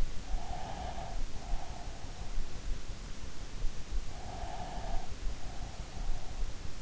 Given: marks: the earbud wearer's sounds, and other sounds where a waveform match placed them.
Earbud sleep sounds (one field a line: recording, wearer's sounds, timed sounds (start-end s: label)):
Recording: sounds in sleep by an in-ear microphone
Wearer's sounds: breath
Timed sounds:
0.29-2.36 s: breath
4.09-6.61 s: breath